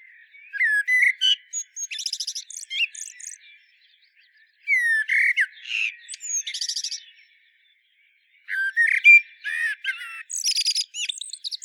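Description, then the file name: Common blackbird song: low fluted whistled phrases, each ending in a high squeaky twitter, delivered in three bursts separated by short pauses. "Turdus merula"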